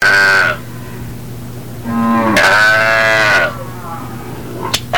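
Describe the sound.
Cow mooing: two harmonic calls, a short one at the start and a longer one about two seconds later, over a steady low hum with faint clicks near the end.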